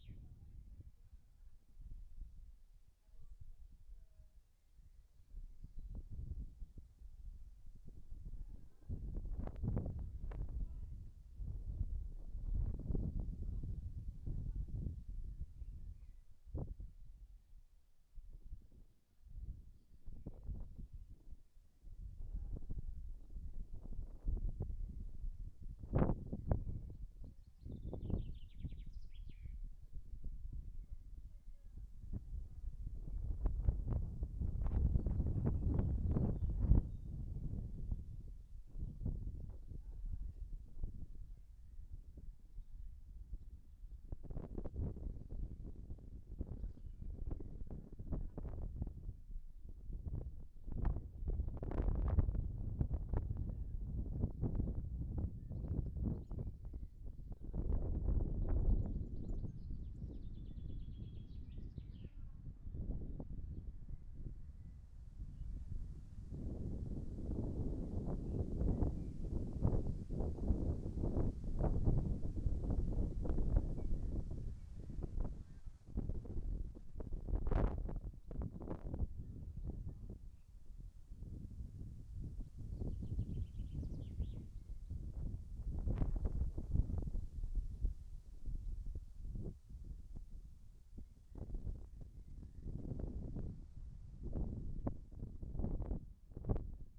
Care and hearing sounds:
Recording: everyday scene through a hearing-aid microphone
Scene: wind on the microphone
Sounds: wind, voices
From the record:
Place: in front of a rural house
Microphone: behind the ear, right, rear

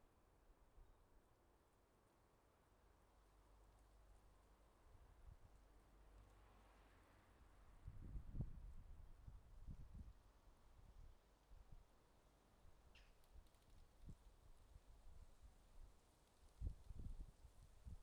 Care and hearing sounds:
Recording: everyday scene through a hearing-aid microphone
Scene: wind on the microphone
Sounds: wind, traffic, birds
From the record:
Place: suburban garden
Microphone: in the ear canal, left

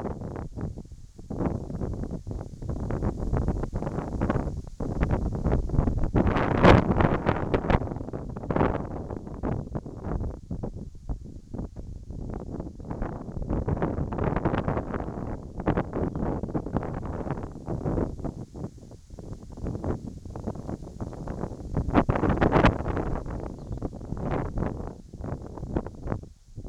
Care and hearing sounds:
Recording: everyday scene through a hearing-aid microphone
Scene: wind on the microphone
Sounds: wind, whistling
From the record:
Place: in front of a rural house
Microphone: in the ear canal, right

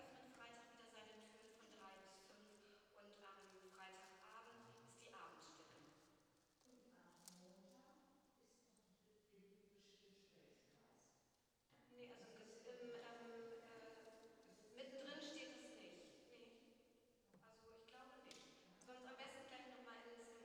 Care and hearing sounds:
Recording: everyday scene through a hearing-aid microphone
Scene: reverberant space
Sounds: speech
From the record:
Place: church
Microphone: in the ear canal, right

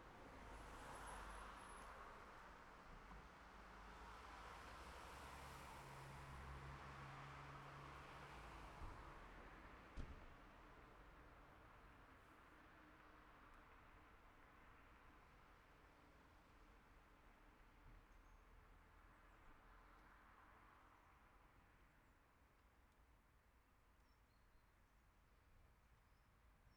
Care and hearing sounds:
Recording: everyday scene through a hearing-aid microphone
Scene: in traffic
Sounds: traffic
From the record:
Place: city secondary road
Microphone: behind the ear, left, front

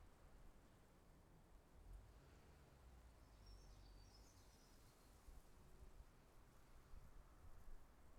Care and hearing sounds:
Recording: everyday scene through a hearing-aid microphone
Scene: wind on the microphone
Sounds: wind, traffic, birds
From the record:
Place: suburban garden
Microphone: behind the ear, left, front

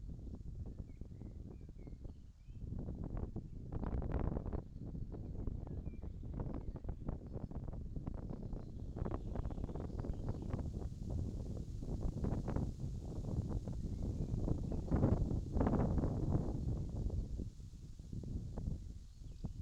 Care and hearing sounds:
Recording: everyday scene through a hearing-aid microphone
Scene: wind on the microphone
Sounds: wind, birds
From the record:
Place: in front of a rural house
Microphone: in the ear canal, left

